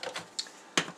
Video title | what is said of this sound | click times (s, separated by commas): Hoover Air Lite Cleaning~Reassemble | our lid I'm locked | 0.4 s, 0.8 s